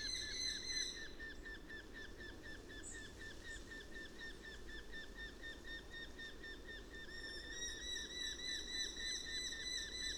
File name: Eurasian Hobby Calls From Adult Perched In Tree